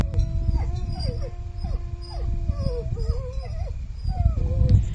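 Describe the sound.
A person imitates a wolf howl to call to wolves and wait for them to answer, a run of short wavering calls that swoop up and slide down in pitch, rising and falling over a steady low rumble of background noise.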